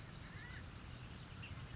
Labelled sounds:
California Quail (Callipepla californica)
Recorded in Sonoma County, California

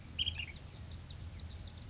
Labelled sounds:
Ash-throated Flycatcher (Myiarchus cinerascens)
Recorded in Sonoma County, California

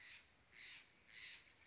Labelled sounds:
Steller's Jay (Cyanocitta stelleri)
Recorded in Sonoma County, California

